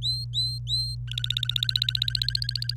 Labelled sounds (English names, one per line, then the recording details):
Domestic Canary song
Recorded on 26 April 2018 at 05:57
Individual llb3